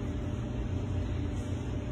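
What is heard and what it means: A small OLED display screen for a WMS button panel has its ribbon cable tail lined up and guided through the plastic button housing before the part is pushed home. Only a steady low background hum is heard, with no sharp sounds. Nothing has seated or clicked yet.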